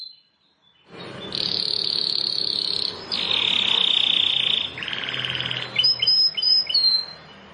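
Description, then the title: Bar-winged prinia song: long buzzy high trills held for a second or two each, then a few separate sharp upslurred notes, over a soft background hiss. "Ciblek Sawah 1"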